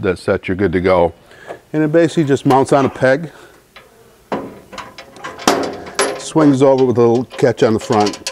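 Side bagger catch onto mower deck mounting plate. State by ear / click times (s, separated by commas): not seated / none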